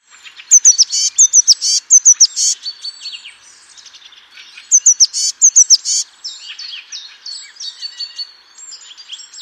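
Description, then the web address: Bird chirping in quick, high-pitched bursts: two dense phrases of rapid repeated notes and trills, with softer twittering between and after them. "Deverinetal 2025 File origin Bird Only Cy Ca"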